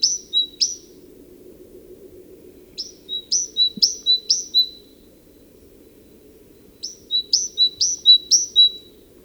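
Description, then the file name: Great tit song: bright, see-sawing two-note phrases given in three short bursts of two to four repeats, with quiet gaps between; soft low background rumble. "Parus major"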